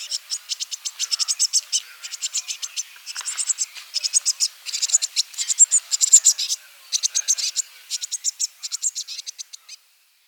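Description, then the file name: Eurasian blue tit gives a long run of dry, buzzy, ticking pulses, high and fast, broken by brief gaps. "Cyanistes caeruleus"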